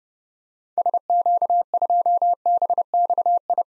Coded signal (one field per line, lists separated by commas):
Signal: Morse code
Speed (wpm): 30 wpm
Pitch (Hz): 700 Hz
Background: none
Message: SQ2BXI